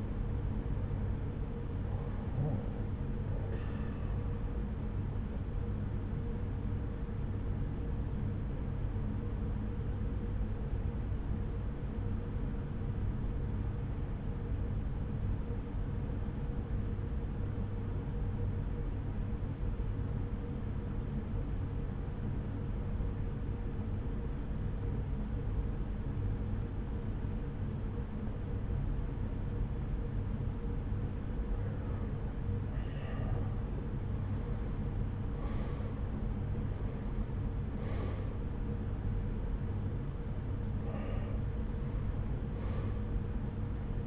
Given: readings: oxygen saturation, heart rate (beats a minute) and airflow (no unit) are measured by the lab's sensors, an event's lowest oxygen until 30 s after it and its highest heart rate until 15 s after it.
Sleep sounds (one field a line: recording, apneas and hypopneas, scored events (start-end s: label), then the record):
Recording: breathing in sleep by a smartphone at the bedside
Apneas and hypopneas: 1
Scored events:
8.00-32.20 s: obstructive apnea (N1, oxygen 94% highest, then 85% lowest)
From the record:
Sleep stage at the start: N1 (lightest sleep)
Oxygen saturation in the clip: 84 to 94%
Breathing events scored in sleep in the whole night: 303 in 8.1 hours asleep